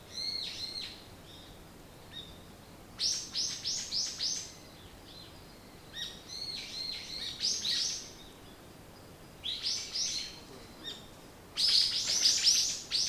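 Bird song: clusters of quick high chirps in short phrases, separated by pauses of a second or more, ending with a louder bright burst.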